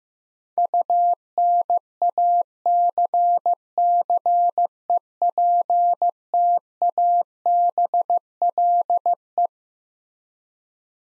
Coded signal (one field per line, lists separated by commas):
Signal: Morse code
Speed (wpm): 15 wpm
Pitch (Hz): 700 Hz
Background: none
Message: UNACCEPTABLE